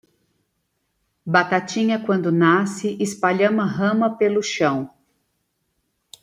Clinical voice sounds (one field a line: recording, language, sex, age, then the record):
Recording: short text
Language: Brazilian Portuguese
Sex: female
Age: 40 to 49 years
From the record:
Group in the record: control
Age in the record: 42 years